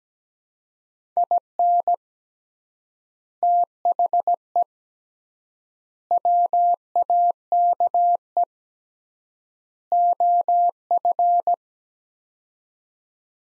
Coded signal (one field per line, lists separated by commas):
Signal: Morse code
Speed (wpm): 17 wpm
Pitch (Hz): 700 Hz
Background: none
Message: IN THE WAKE OF